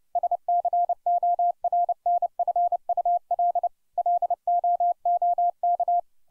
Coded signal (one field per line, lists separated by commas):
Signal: Morse code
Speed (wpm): 30 wpm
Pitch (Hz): 700 Hz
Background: none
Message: SCORNFUL LOOK